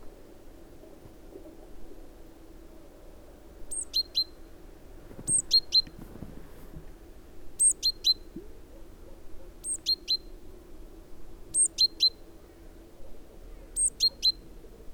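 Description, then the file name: Great tit repeating groups of a very high thin note and two lower notes, roughly every two seconds, over a low hum. "Parus major"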